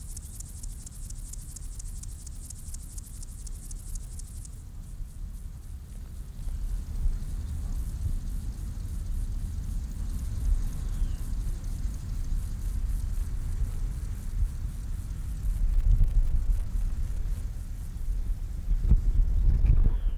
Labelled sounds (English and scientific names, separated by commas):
Upland Field Grasshopper (Chorthippus apricarius) stridulation